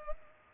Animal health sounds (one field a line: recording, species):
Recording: mosquito wingbeat signal from an infrared sensor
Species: Culex pipiens